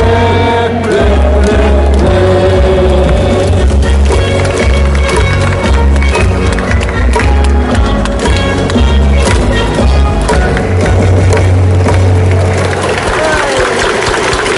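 Crowd noise inside Hanshin Koshien Stadium, a dense, steady roar of many voices with no pauses. Low drumming or chanting pulses through the whole stretch, while brighter horn-like tones and shouts rise and fall on top, with a clear shift in the chant near eleven seconds.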